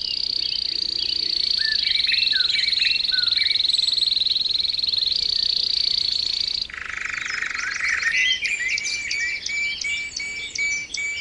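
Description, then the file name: Canary song: a long sustained high rolling trill with faint chirps beneath, then a lower harsh buzz, then choppy repeated whistled phrases. Canary song recording used for training other birds, called terapi. "kenari terapi omkicau"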